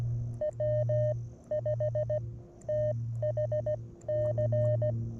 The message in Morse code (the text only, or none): W5THC